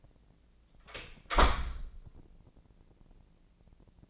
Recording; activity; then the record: daily activity, microphone in the room; close door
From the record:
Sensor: 5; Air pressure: 1012.4 hPa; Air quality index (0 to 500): 159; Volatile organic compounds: 2 ppm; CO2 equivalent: 1085 ppm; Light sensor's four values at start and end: 239/580/243/267 and 234/568/238/261